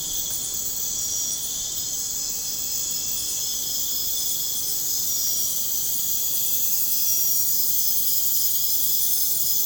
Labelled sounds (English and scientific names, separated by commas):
none